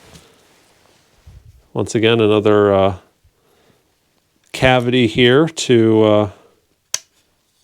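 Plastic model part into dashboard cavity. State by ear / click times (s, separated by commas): seated / 6.9 s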